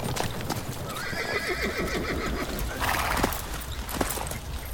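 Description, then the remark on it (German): Horses halted to rest in a forest clearing: a horse whinnies with a wavering, descending neigh while hooves clop steadily underneath, followed by a snort and a few more stamping hoofbeats. “Setzt ab und lasst die Pferde ausruhen.”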